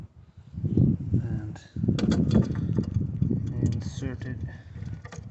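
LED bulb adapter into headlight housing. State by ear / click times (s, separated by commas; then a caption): not seated / none. Someone talks while handling the plastic adapter piece for an Osram LED bulb as it is inserted into the headlight housing of a Volvo S60, V60, V70 or V40, with short sharp handling taps and rustles under the voice. The adapter has not seated or clicked home yet by the end of the clip.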